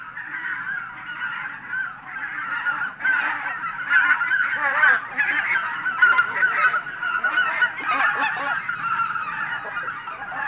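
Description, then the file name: Greater white-fronted goose flock calling: a dense, overlapping chorus of honks and yelps that barely pauses. "tundrahanhi"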